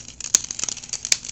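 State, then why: Seated. Plastic taillight pieces on the back of a transforming robot toy are pressed into their car-mode position on the toy's rear car body, amid light plastic handling and rustling. Two sharp, loud snaps at 0.4 s and 1.1 s mark the parts seating into place, with fainter ticks between them.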